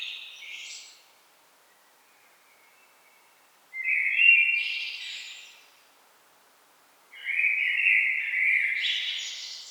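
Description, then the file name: Common blackbird song: short warbled phrases with scratchy high endings, separated by clear quiet gaps. "Turdus merula"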